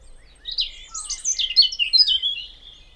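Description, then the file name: European robin delivering a single rapid, intricate phrase of high twittering and sliding notes lasting about two seconds, with near silence either side. "Erithacus rubecula"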